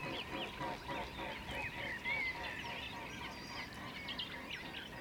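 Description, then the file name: Swans giving a chorus of overlapping honking calls, rough and irregular, with several birds calling at once. "salamandre cygnes"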